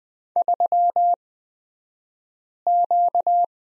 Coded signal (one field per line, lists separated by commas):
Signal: Morse code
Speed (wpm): 20 wpm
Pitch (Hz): 700 Hz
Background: none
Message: 3Q